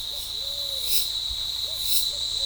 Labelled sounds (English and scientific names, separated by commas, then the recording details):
none
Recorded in forest near Pivijay, Magdalena, Colombia, on 16 April 2023 at 07:30
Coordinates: 10.467, -74.380
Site Z5-G034